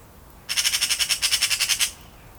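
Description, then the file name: Eurasian magpie giving a harsh rattle of many rapid, evenly spaced grating pulses lasting over a second. "Pica pica"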